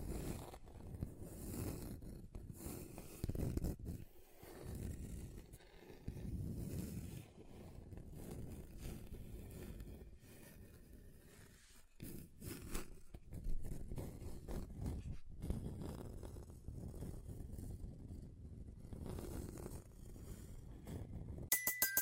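Scratching across table surfaces, a dense rough scraping concentrated in the low range with brighter rasping bursts. The strokes come in irregular waves, with brief pauses near 4, 12 and 15 seconds, and the texture shifts as different surfaces are scraped.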